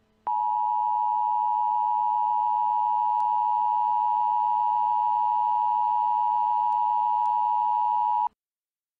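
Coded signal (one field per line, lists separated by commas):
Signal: Emergency Alert System (SAME) tones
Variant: 853 and 960 Hz attention tone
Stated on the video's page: Mock EAS alert for an airplane disaster.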